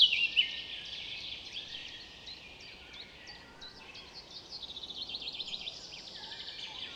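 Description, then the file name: Eurasian blackcap warbling, with a sharp note at the start, then a soft, rambling song ending in rapid repeated trilled notes. "Sylvia atricapilla"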